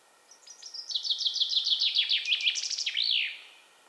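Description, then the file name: Common chaffinch song, a single bright phrase of quick repeated notes stepping downward, then a terminal flourish, lasting about three seconds. "Fringilla coelebs"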